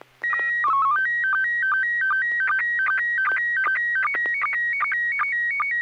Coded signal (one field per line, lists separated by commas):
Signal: SSTV (slow-scan television)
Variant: PD 50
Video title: N6NA SSTV Net - 04/14/2021